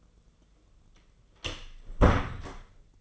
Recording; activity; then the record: daily activity, microphone in the room; close door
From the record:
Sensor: 4